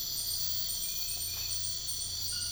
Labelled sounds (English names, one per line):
none